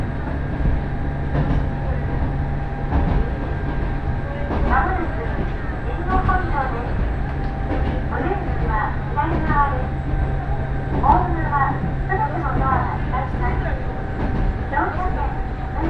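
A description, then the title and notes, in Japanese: A ride on the Fukuen Line train, with a steady low rumble and hum running throughout and a thin whine held above it. Voices talk in short bursts from around five seconds on, returning several times through the end. 鉄道旅 福塩線 福山→道上。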